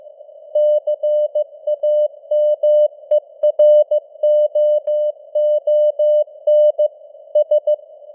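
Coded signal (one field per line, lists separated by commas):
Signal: Morse code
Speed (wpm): 15 wpm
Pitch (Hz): 600 Hz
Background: none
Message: CAMEROON S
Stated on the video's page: News headlines sent in Morse at 15 wpm with simulated radio noise and varying signal strength (QSB).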